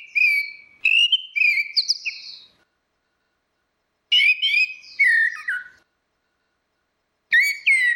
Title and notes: Suara Burung Anis Merah Ngeplong. Masteran Anis Kembang